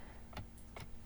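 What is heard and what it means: A plastic shroud is pressed onto the windshield camera housing of a Tesla Model 3 or Model Y, its small clips seated one side first and then the other. Short tick-like snaps are heard at 0.4 s, 0.6 s and 0.8 s. The clips are seated.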